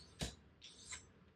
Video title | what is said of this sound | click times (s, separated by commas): Project Softail: Progressive Monotubes and Chrome Front Forks! | Pops right in place. | 0.2 s